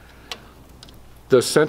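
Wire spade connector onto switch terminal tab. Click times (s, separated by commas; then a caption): 0.3 s. A neutral wire's spade connector is pushed onto the top tab of a switch on an Artisan 3 roaster while the switch is held from the back, and it clicks into place at 0.3 s. A couple of faint ticks follow near 0.8 and 0.9 s before someone starts talking at about 1.3 s.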